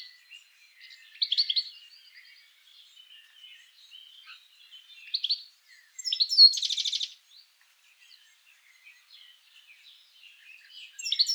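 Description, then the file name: European goldfinch calls: short bursts of twittering notes at irregular intervals, one longer rapid buzzy series in the middle, with soft chattering between. "Carduelis carduelis"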